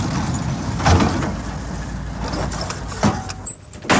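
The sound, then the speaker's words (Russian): A camp GAZ jeep's engine rumbles steadily, then brakes bring it to a halt on a road with a short high squeal and a couple of dull clunks. “Он увидел, как на дороге затормозил лагерный газик.”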